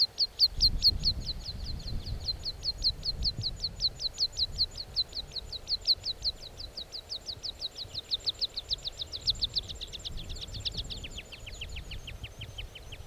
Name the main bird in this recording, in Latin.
Anthus pratensis